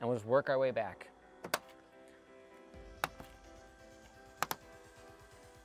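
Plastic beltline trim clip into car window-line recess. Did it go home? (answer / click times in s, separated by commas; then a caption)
yes / 1.5 s, 3.0 s, 4.4 s. Piano black plastic beltline trim on a MINI GP3 is angled in at its front tab and pushed along the window edge so its clips snap into the door recess. Someone talks briefly at the start, then sharp plastic snaps ring out at 1.5, 3.0 and 4.4 seconds, each followed by a softer tap. The clips seat and the trim is confirmed in place.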